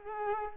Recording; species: mosquito wingbeat signal from an infrared sensor; Culex pipiens